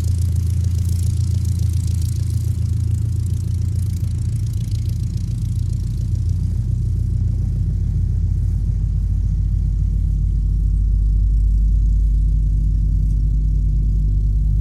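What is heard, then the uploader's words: Revolving machinery produces a heavy, steady low rumble that fills the whole fifteen seconds with little change in level. A faint airy hiss rides above it for the first few seconds, then thins out, leaving mostly the deep, dense drone. This version mixes a range of revolving sounds that I find evocative of moving around an axis.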